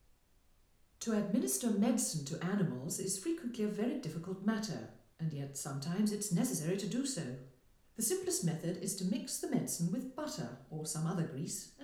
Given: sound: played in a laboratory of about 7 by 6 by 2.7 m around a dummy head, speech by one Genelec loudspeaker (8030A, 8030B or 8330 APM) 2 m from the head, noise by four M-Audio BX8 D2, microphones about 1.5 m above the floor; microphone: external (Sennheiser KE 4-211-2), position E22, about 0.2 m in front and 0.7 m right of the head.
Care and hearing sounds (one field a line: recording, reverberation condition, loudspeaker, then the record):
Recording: female speech in English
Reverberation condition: medium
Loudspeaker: 30 degrees to the right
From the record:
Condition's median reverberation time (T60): about 510 ms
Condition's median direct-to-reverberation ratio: about -0.5 dB